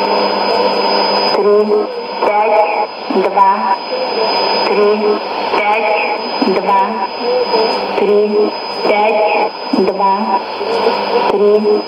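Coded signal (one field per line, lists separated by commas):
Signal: numbers station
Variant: S06s, Russian female voice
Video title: 10 10 2017 Numbers station S06s Russian Lady in Russian to Eu 0800 on 11635 unknown tx site in CUSB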